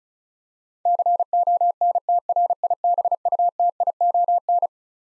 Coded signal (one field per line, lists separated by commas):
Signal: Morse code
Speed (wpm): 36 wpm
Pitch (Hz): 700 Hz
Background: none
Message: CONTRIBUTION